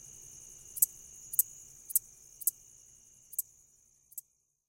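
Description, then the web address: Red-headed meadow katydid song, a thin, very high continuous buzz broken by sharp ticks roughly every half second to second, fading out near the end. "The Songs of Insects. Red-headed Meadow Katydid"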